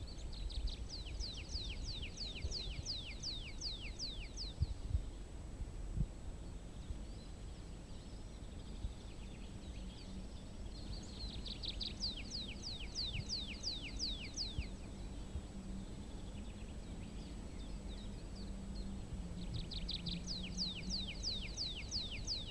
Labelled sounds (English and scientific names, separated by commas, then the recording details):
Tree Pipit (Anthus trivialis)
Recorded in the wild
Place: Gerlitzen, Kärnten, AT
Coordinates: 46.693, 13.917
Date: 1971-05-12
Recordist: Brunner, Thomas
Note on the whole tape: Gerlitzen: Gesang eines Baumpiepers